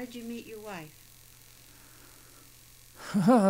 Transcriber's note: he sighs; he laughs